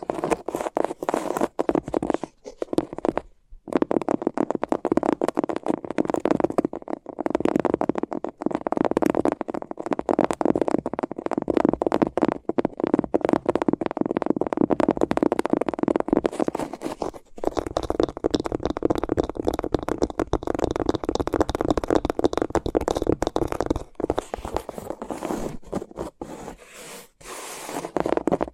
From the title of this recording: Sensitive Tingles with Mics Under Tape